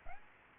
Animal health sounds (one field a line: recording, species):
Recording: mosquito wingbeat signal from an infrared sensor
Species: Aedes aegypti